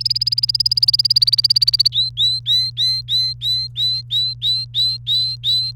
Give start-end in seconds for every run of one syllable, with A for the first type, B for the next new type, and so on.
0.00-1.88 A, 1.92-5.71 B